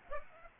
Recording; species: mosquito wingbeat signal from an infrared sensor; Aedes aegypti